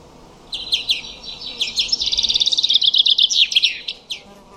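Common chaffinch song: a few sharp introductory notes, then a fast, even trill that drops slightly in pitch and ends in a brief flourish, followed by scattered chips.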